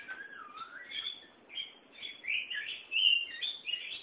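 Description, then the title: Oriental magpie-robin song, a flow of fluty whistles, slurred and warbling notes that rise and fall, with a brief lull midway. Chirping song (kicauan) of the bird. "Suara Kicauan Burung Kacer Durasi Panjang"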